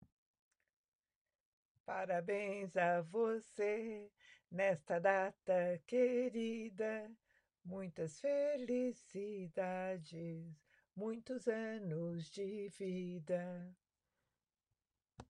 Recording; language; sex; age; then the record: short text; Brazilian Portuguese; female; 70 to 79 years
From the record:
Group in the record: control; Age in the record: 75 years